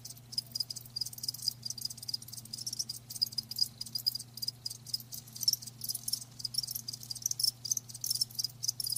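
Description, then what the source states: Crickets chirping in rapid high pulses, bursts running together, above a low continuous hum. Live crickets chirping, a lulling song.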